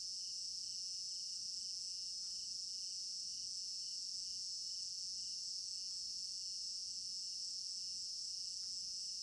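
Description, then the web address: Crickets keep up a steady high-pitched chorus of dense trilling with a throbbing lower pulse, and occasional faint taps in the background. Crickets in an African village garden at night; stereo binaural recording. "African-Village Garden Night Crickets Stereo-Binaural. immersive sound library"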